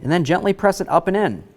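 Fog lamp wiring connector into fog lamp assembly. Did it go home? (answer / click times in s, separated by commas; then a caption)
no / none. A fog lamp wiring connector is being pressed up and into the fog lamp assembly on the front bumper cover of a 2004–2006 Scion xB, with its locking tab facing out and away from the bumper cover. Only someone talking is heard. Nothing has seated or clicked yet.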